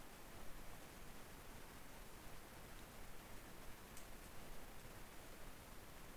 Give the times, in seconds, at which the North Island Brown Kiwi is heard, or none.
none